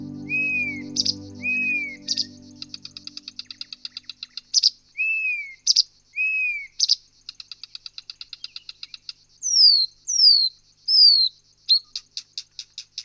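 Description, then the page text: Songbird song: clear arched whistles and bright chirps, with fast dry repeated ticking notes between them and descending high whistles near the end. Soft low musical drone at the start. Songbirds of Australia; calming garden sounds. "Спокойствия звуки садов - 11. Певчие птицы Австралии"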